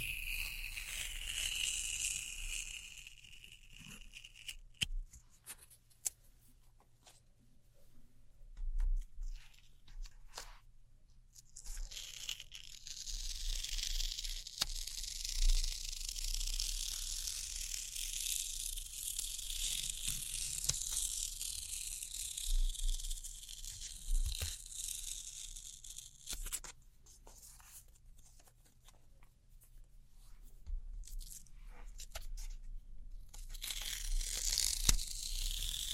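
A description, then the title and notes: Sticky tape being pulled and handled, with long stretches of bright, hissy tearing and crinkling at the start, from about 11 to 26 seconds, and again near the end. Quieter gaps hold scattered clicks and taps over a steady low hum. ASMR Neon Triggers（no Talking）. Sticky Tape.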